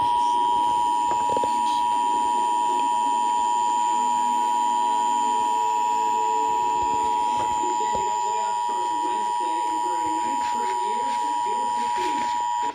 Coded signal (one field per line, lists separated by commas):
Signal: Emergency Alert System (SAME) tones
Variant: 853 and 960 Hz attention tone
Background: speech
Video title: EAS #21 Severe Thunderstorm Warning